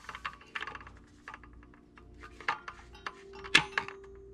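A saw's spindle lock lever is pressed while the blade is turned, with small clicks and rattles from the mechanism. At 3.6 s the spindle lock pin drops into the saw arbor notch with a sharp click, and the lock is engaged.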